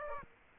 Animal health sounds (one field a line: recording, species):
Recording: mosquito wingbeat signal from an infrared sensor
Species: Aedes aegypti